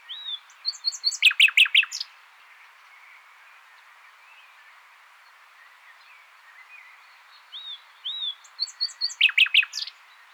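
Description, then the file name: Common nightingale singing two phrases several seconds apart, each with soft whistles building into a loud burst of rapid, sharp repeated notes. Faint bird notes between them. "Luscinia megarhynchos"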